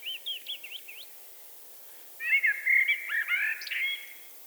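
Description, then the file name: Eurasian blackbird singing: soft high thin notes first, then after a short gap a loud rich fluty warble with twittering squeaks. "Turdus merula"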